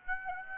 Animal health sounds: mosquito wingbeat signal from an infrared sensor; Aedes aegypti

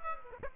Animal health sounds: mosquito wingbeat signal from an infrared sensor; Aedes aegypti

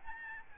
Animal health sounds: mosquito wingbeat signal from an infrared sensor; Aedes albopictus

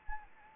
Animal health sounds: mosquito wingbeat signal from an infrared sensor; Anopheles arabiensis

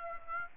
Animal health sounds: mosquito wingbeat signal from an infrared sensor; Aedes aegypti

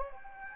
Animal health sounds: mosquito wingbeat signal from an infrared sensor; Anopheles gambiae

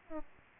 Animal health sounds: mosquito wingbeat signal from an infrared sensor; Aedes albopictus

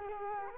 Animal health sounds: mosquito wingbeat signal from an infrared sensor; Culex quinquefasciatus

